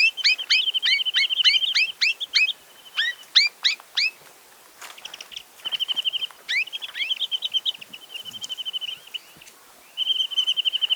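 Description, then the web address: Chinese nuthatch in loud bursts of sharp, quickly repeated slurred notes alternating with fast, level, high trills, with pauses between phrases. "Chinese nuthatch. صدای-پرنده-کمرکولی-چینی"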